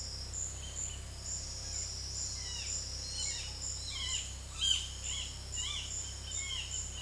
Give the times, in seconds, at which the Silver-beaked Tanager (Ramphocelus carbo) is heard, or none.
none